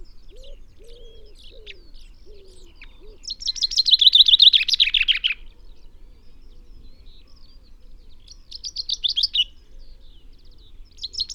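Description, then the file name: Common chaffinch song: one full rattling phrase ending in a flourish, then a shorter phrase, after soft, lower calls from another bird. "Fringilla coelebs"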